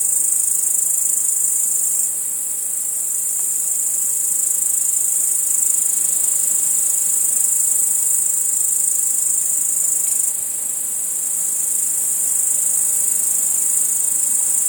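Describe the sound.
Cricket chorus, an unbroken shrill high trilling that holds an even level from start to finish over a soft background hiss.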